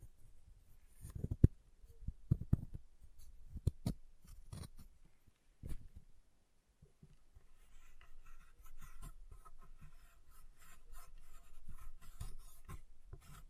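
Chalk being carved and cut, with sharp scraping strokes and knocks in the first six seconds, spaced about half a second to a second apart. After a brief pause, a steadier, softer run of fine scratching and small clicks continues to the end.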